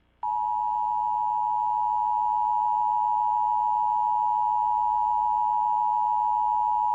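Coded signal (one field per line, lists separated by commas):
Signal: Emergency Alert System (SAME) tones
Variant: 853 and 960 Hz attention tone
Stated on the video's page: Fictional EAS scenario, not a real alert.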